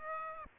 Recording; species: mosquito wingbeat signal from an infrared sensor; Aedes aegypti